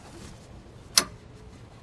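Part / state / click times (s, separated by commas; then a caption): fuel line quick-connect coupling onto fuel filter / seated / 1.0 s. On a 2003-2004 Ford Expedition, the second quick-connect fuel line coupling on the same side is pushed onto the fuel filter. A single sharp click is heard at 1.0 s over low background noise. The coupling is seated, and both lines are confirmed good.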